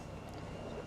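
A convertible's power soft top is being raised with the console switch, its front latch mechanism moving toward the windshield header to lock. Only a steady, even mechanical hum and broadband noise are heard, with no distinct hits. Nothing has seated or clicked yet.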